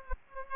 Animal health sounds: mosquito wingbeat signal from an infrared sensor; Aedes aegypti

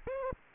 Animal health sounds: mosquito wingbeat signal from an infrared sensor; Aedes aegypti

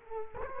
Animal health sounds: mosquito wingbeat signal from an infrared sensor; Culex quinquefasciatus

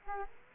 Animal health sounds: mosquito wingbeat signal from an infrared sensor; Culex quinquefasciatus

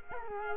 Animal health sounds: mosquito wingbeat signal from an infrared sensor; Culex quinquefasciatus

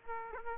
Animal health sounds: mosquito wingbeat signal from an infrared sensor; Aedes aegypti

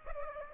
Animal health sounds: mosquito wingbeat signal from an infrared sensor; Aedes aegypti

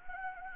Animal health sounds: mosquito wingbeat signal from an infrared sensor; Anopheles gambiae

